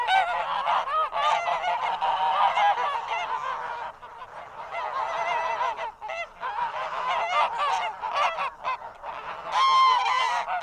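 Goose: flock of geese honking, a busy wall of nasal overlapping calls that dips briefly midway before surging again.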